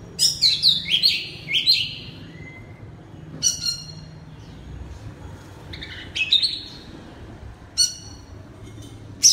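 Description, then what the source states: Oriental magpie-robin song: a rich cluster of high whistles at the start, then sparse sharp notes after long pauses. Loud 'ngeplong' song style of the kacer.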